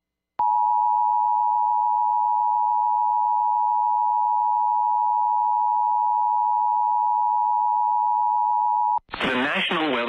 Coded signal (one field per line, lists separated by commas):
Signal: Emergency Alert System (SAME) tones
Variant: 853 and 960 Hz attention tone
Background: speech